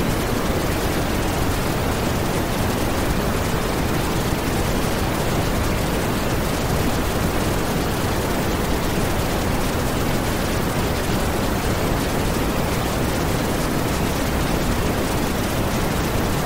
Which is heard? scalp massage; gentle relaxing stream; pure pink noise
pure pink noise